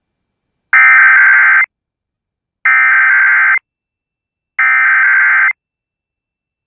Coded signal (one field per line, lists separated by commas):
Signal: Emergency Alert System (SAME) tones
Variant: header bursts